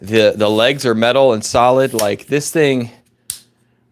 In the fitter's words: it these click like these lock into place these legs here